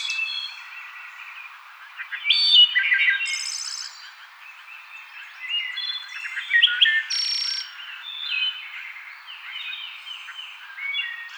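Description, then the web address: Wood thrush song: flutey, ringing phrases with high, thin trills, louder bursts every few seconds with softer notes between. Recorded 6 May 2007. "Wood Thrush 2007 05 06"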